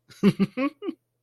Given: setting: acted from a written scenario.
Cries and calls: vocal sound without words; amusement

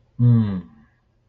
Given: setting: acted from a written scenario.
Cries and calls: vocal sound without words; romantic love

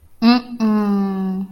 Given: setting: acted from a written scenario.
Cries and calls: vocal sound without words; embarrassment

